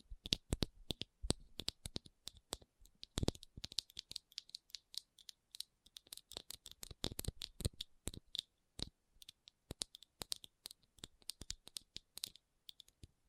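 Rhinestone tapping and scratching. Sharp, bright clicks come in irregular bursts throughout, some quick and clustered, others spaced apart, with a few louder taps near three and seven seconds and brief scratchy rustles between them.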